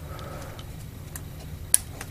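A metal retaining clip for a transmission cooler line quick connector is pressed into its fitting on a Jeep Wrangler JK, with low background rumble and a few faint ticks. A sharp, loud click at 1.7 s marks the clip snapping in, and it is seated with all three of its little ears in the hole.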